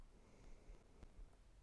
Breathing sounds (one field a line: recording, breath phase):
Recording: one breath near a microphone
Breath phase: inhalation